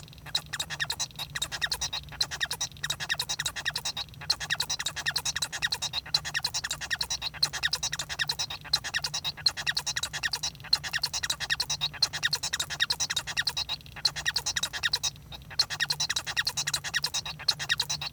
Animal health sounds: song of a male Bengalese finch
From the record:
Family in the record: son of father 1

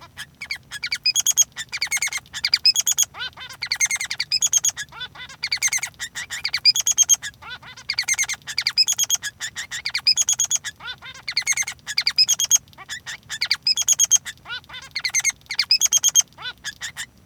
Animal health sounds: song of a male Bengalese finch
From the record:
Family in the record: son of father 3

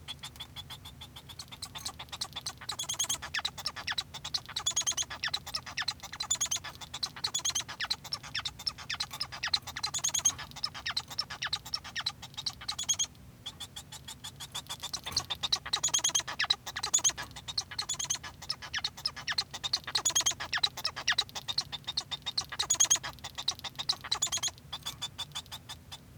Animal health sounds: song of a male Bengalese finch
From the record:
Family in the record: son of father 1

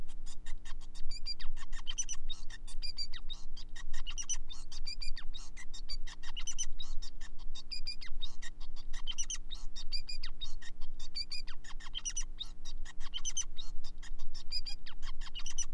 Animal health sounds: song of a male Bengalese finch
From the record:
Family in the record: son of father 5

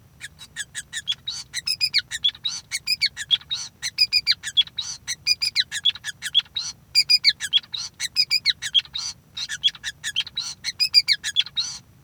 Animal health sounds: song of a male Bengalese finch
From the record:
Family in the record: son of father 5

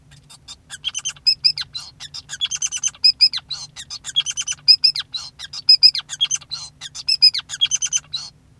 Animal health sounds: song of a male Bengalese finch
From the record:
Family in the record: son of father 5

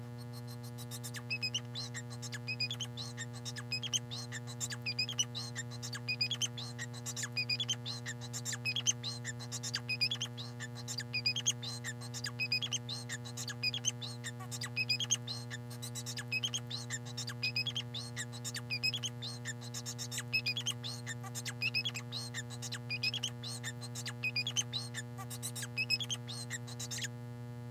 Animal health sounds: song of a male Bengalese finch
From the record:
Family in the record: son of father 4

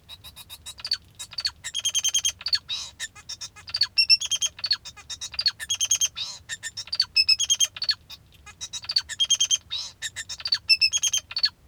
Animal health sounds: song of a male Bengalese finch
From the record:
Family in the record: father 2

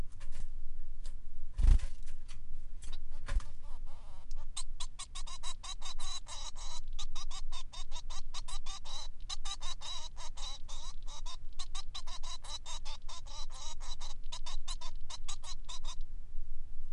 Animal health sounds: song of a male Bengalese finch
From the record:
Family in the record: son of father 3

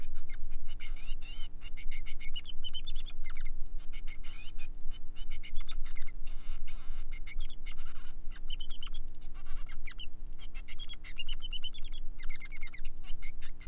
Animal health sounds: song of a male Bengalese finch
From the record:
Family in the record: son of father 3

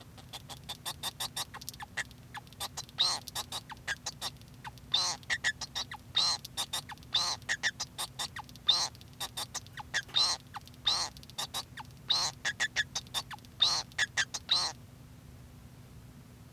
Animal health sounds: song of a male Bengalese finch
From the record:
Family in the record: son of father 2

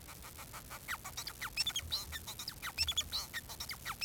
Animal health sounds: song of a male Bengalese finch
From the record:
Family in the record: son of father 4

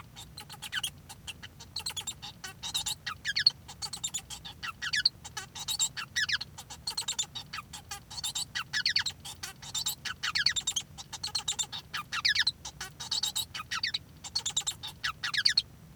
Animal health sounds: song of a male Bengalese finch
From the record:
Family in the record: son of father 1

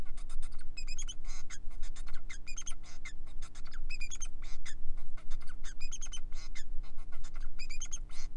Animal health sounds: song of a male Bengalese finch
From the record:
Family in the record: son of father 4

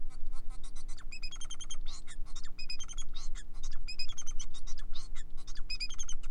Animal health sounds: song of a male Bengalese finch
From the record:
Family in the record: son of father 4

